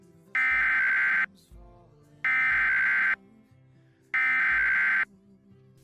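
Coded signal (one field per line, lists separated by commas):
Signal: Emergency Alert System (SAME) tones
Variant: header bursts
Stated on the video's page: Fictional EAS scenario.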